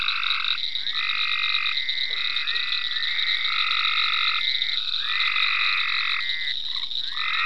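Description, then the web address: Frogs trade long, even, trilled calls that overlap and alternate, set against a continuous thin high buzz. Frogs in ponds at Venaura farm, recorded 27 May 2010. "ecolandtech venaurafarm frogs-in-ponds 5-27-010-Frogs"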